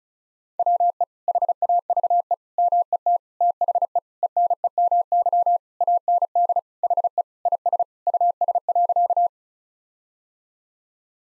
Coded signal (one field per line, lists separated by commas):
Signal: Morse code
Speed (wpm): 36 wpm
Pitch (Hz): 700 Hz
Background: none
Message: WE HAVE MET THE ENEMY AND HE IS US.